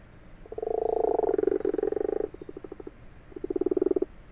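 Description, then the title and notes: Common frog purrs in a long pulsed croak followed by a shorter burst, low and rhythmic. Common frogs calling in daytime in an abandoned, water-filled wash house in a field; 21 February 2020, 12:45, Fourcinet, Drôme, France; recorded binaurally on Nagra LB. "Ca roucoule dans le lavoir. 21 février 2020-12h45-Fourcinet - Drôme - Nagra LB - binaural. roucouler les Grenouilles rousses (Rana temporia)"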